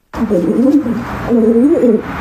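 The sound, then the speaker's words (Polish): A woman at a pigeon rescue centre in Lublin, Poland, imitates pigeon cooing to communicate with her pigeons: two loud, rolling, warbling coos in a low register, each lasting close to a second, with a brief pause between them and no talking. “Tak się pani z nimi porozumiewa?”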